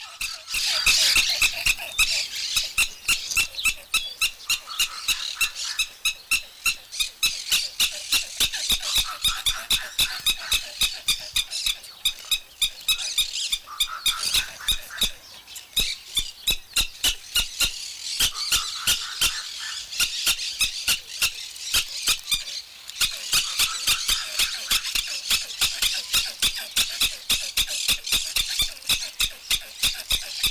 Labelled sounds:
Black-tailed Prairie Dog (Cynomys ludovicianus) alarm call
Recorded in captivity
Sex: male
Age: adult
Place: Zoo Halle, Sachsen-Anhalt, DE
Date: 1999-03-30 12:35
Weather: fair, ca. 15°C
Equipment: Sony MD-WM MZ-R3, Sennheiser MKH 416 T, Kopie Uher 4000 Report Monitor
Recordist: Tembrock, Günter

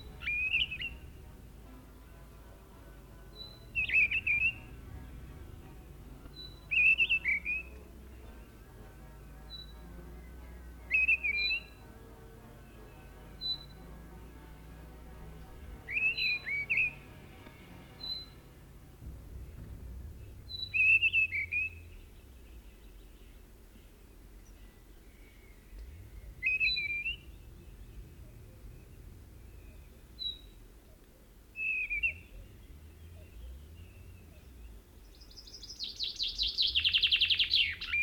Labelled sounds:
Mistle Thrush (Turdus viscivorus) song
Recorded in the wild
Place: Lakatnik, Sofia, BG
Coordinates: 43.053, 23.409
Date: 1974-05-19
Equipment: Nagra III BH, Sennheiser MD 21, parabola
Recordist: Schubert, Michael

